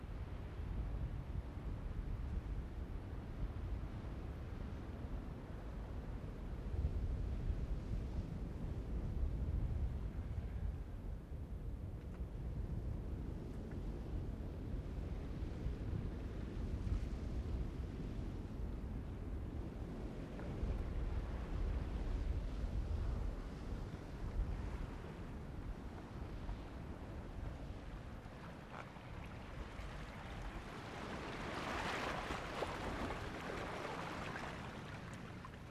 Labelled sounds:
Arctic Fox (Vulpes lagopus)

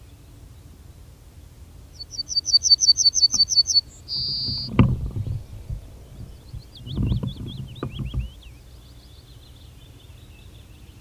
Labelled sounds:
Yellowhammer (Emberiza citrinella) song

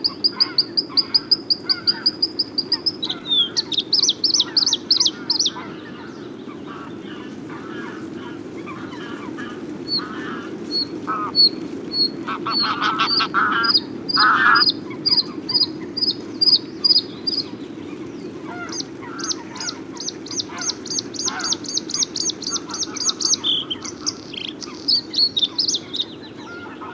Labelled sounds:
Bluethroat (Luscinia svecica) song

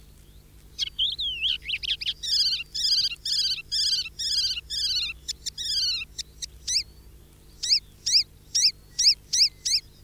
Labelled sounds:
Icterine Warbler (Hippolais icterina) song

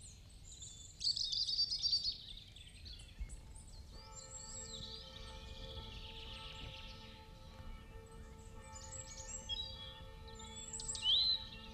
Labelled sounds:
Eurasian Blackcap (Sylvia atricapilla) song

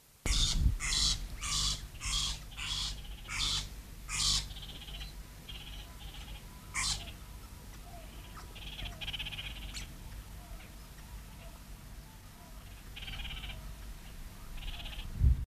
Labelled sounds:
Green Rosella (Platycercus caledonicus) call

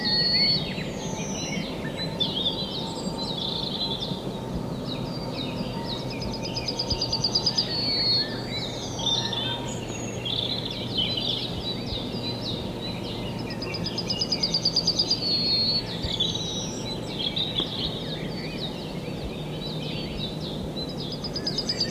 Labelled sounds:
Yellowhammer (Emberiza citrinella)

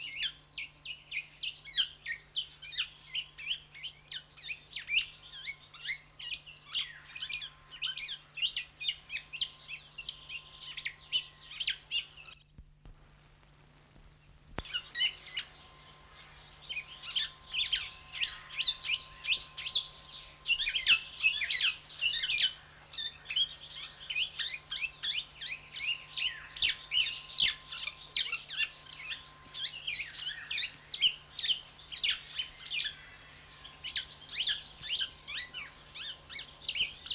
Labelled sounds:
Black-naped Oriole (Oriolus chinensis)

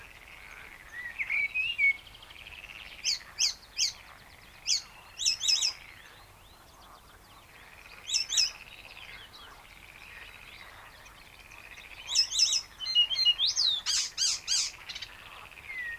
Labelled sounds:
Icterine Warbler (Hippolais icterina) song

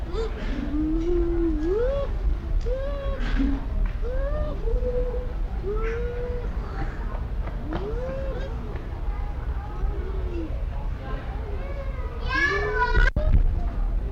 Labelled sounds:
Bush Dog (Speothos venaticus)

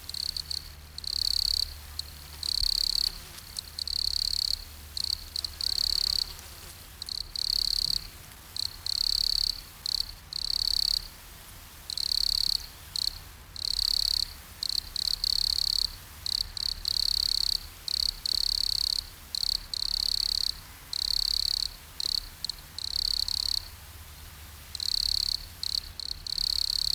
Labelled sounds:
Wood Cricket (Nemobius sylvestris) stridulation

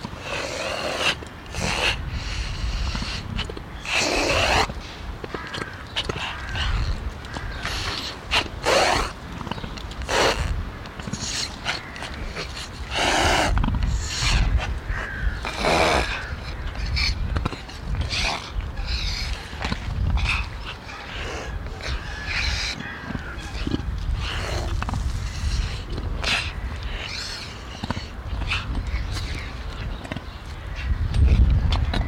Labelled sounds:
Emu (Dromaius novaehollandiae)

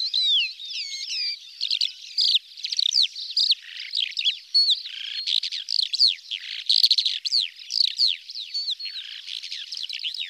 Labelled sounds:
Calandra Lark (Melanocorypha calandra) song

